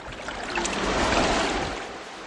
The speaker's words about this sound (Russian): Кашалот бьет хвостом по воде. Волна сильная, как в бурю.